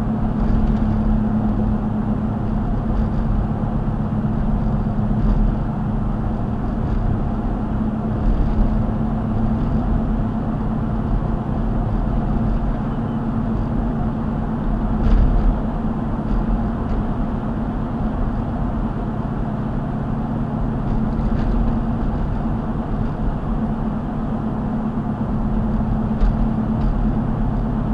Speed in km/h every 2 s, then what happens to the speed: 72, 71, 71, 71, 74, 76, 76, 77, 77, 77, 76, 76, 74, 74.
0-6 steady at about 71. 6-14 speeds up to 77. 14-28 steady at about 76.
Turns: none.